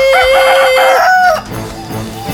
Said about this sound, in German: Die ungewohnten Geräusche aus dem Wald regen den Hahn im Dorf der Gallier erneut mitten in der Nacht zu stimmlichen Höchstleistungen an.